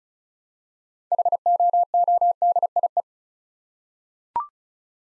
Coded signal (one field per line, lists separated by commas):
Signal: Morse code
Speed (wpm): 36 wpm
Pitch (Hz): 700 Hz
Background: none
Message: HOODIE